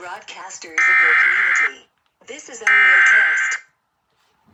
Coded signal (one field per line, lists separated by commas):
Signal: Emergency Alert System (SAME) tones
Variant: header bursts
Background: speech